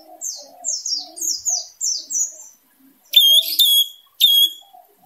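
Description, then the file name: Orange-headed thrush song: a run of quick high downslurred whistles with soft low notes beneath, then three loud ringing notes. "suara anis merah teler gacor dor"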